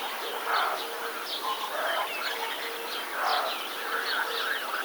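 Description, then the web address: Roe deer barking, several soft harsh barks among steady birdsong and chirping. "wroblowe kolekcja capreolus capreolus"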